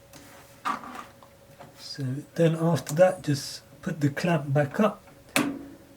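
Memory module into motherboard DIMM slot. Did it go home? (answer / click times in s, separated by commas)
yes / 5.4 s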